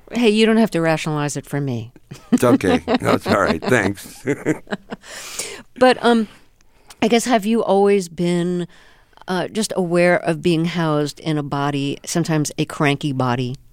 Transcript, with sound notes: Hey. You don't have to rationalize it for me.
It's OK. No, it's all right. Thanks.
(LAUGHTER)
But, I guess, have you always been just aware of being housed in a body, sometimes a cranky body?